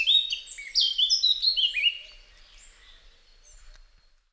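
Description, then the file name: Eurasian blackcap song: a short burst of clear, slurred fluty phrases lasting about two seconds, then fading to faint, scattered high notes. "Sylvia atricapilla"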